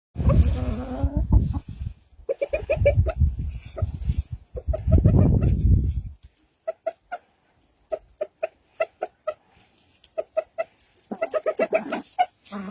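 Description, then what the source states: Rooster giving rapid repeated clucks in short runs, after loud low rumbling and thumping noises at the start. Rooster feeding hens.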